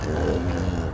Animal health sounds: contact call of a hoofed animal; cattle; low-frequency (closed-mouth) or high-frequency (open-mouth) call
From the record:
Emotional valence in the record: positive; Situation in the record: visual reunion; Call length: 0.93 s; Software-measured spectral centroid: 1840 Hz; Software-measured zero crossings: 930 a second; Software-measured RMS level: -24 dBFS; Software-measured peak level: -11 dBFS

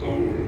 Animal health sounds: contact call of a hoofed animal; pig; closed-mouth grunt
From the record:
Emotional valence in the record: negative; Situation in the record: short social isolation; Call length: 0.47 s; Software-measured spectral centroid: 1110 Hz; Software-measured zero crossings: 760 a second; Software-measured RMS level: -24 dBFS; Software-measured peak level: -14 dBFS

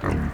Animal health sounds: contact call of a hoofed animal; wild boar; grunt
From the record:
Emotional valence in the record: positive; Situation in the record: food anticipation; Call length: 0.34 s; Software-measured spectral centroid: 1520 Hz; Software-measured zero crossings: 1040 a second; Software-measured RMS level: -24 dBFS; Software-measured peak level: -11 dBFS

